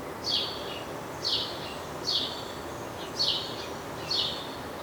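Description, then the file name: House sparrow chirping: five bright, slightly descending chirps spaced about a second apart over a steady background hiss. "Passer domesticus"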